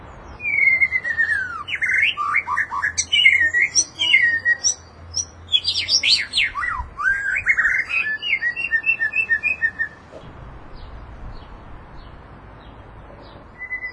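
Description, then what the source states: White-rumped shama song: rich, varied whistled phrases with rapid slurred and trilled notes for about ten seconds, then near silence with low background hum. Moderate-style song.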